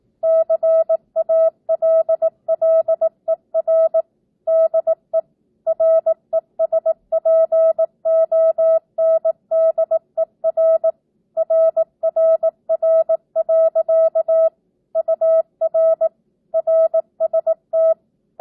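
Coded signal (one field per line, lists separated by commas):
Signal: Morse code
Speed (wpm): 18 wpm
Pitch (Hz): 650 Hz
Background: none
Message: CALLER DE RESPONDER RRR. UR RST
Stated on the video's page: Practice at 18 wpm with non-Farnsworth spacing, simulating a ham-style two-way CW QSO; the responder makes and corrects a few mistakes.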